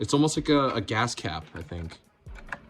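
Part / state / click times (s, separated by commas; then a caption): filament tube coupling collar on 3D printer filament intake / torque reached / 2.4 s, 2.5 s. Someone talks while the threaded coupling collar on the filament tube is hand-tightened at the filament intake of a Bambu Labs X2D 3D printer, after the tube was pushed fully into the intake fitting. Sharp, short clicks sound at 2.4 s and 2.5 s as the collar reaches its tightening limit, like a gas cap. The fitting is now tight.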